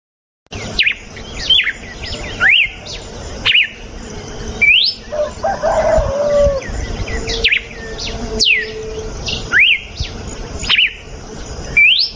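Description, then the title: Red-cowled cardinal song: loud whistled phrases of rising and falling slurred notes, roughly every second or two, over steady background hiss and fainter chirps. Female; natural song. "Canto Galo Campina Fêmea 02. GALO DE CAMPINA CANTO NATURAL. galo de campina cantando. canto de galo de campina"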